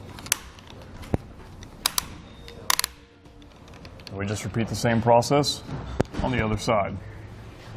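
A torque-limiting tool tightens the clamp bolt on a Yakima roof rack tower on the roof rail of a 2012 Toyota 4Runner. It gives sharp clicks at 0.3, 1.9, 2.0, 2.7, 2.8 and 2.8 seconds, showing the bolt has reached its set torque. After the clicks, someone talks.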